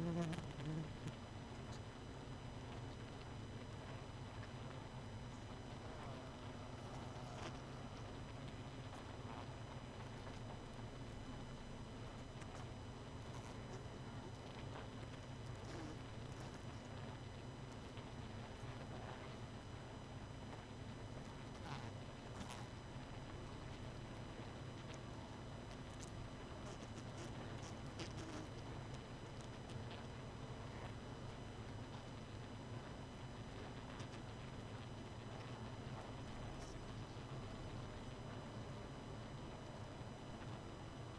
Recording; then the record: honeybee colony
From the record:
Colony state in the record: missing queen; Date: 31 May 2018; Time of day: 23:17